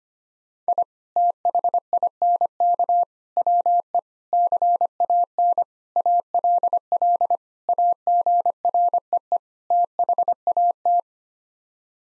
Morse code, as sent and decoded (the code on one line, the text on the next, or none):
.. / - .... .. -. -.- / .-- . / -.-. .- -. / .- .-.. .-.. / .- --. .-. . . / - .... .- -
I THINK WE CAN ALL AGREE THAT